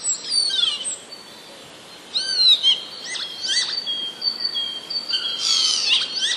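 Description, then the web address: Common starling babbling song of mixed chirps, clicks, buzzy notes and held whistles over a constant hiss of background noise. Starling song containing borrowings imitating sparrows. "wroblowe zapozyczenia szpaki"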